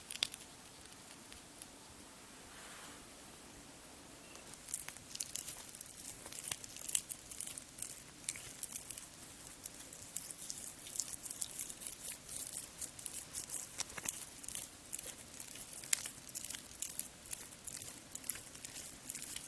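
Skin care sounds, with dense, rapid crinkly rubbing and scrubbing that stays quieter for the first few seconds, then grows busier and brighter from about five seconds on. Sharp little ticks and taps scatter irregularly throughout over a soft low hum.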